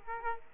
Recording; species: mosquito wingbeat signal from an infrared sensor; Aedes aegypti